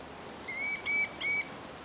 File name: Dodaars Tachybaptus ruficollis